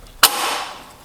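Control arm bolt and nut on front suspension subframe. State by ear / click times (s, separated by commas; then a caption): torque reached / 0.2 s. A torque wrench tightens a brand new bolt and nut on the front control arm at the front suspension subframe of an E92 335i during an upgraded front suspension install. A single sharp, bright click at 0.2 s, with a short ringing tail fading over about half a second, marks the wrench reaching its set torque.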